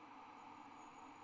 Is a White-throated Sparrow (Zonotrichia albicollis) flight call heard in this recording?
no